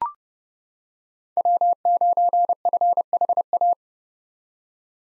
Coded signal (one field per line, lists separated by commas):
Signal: Morse code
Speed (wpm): 30 wpm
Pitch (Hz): 700 Hz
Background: none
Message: W9FHA